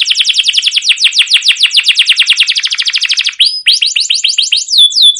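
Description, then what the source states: Canary song: a long fast trill of sharp repeated notes, then a series of quick slurred whistles. Canary giving a long, energetic rolling chirping song (masteran) used to prompt other canaries to sing.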